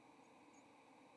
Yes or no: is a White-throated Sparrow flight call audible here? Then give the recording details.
no. Another species' flight call is heard. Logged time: 08:32 on 30 October 2014